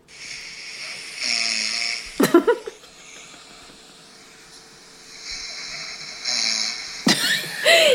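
An adult man snoring while asleep on his back on a sofa with a face mask on. He fell asleep within about 30 seconds while watching a film in the evening.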